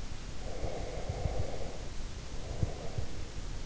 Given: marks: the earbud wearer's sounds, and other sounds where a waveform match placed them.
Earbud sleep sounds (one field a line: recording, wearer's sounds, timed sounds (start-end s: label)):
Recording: sounds in sleep by an in-ear microphone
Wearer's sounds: breath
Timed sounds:
0.43-3.31 s: breath